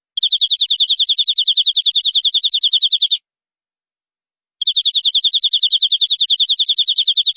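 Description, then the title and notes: Canary song: a fast, even trill of rapid repeated notes, about three seconds long, then a pause of over a second before an identical trill resumes; no other sounds. "BM Suara Kenari. BM Suara Burung Kenari"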